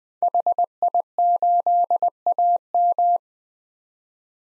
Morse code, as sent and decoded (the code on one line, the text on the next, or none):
.... .. ---.. .- --
HI8AM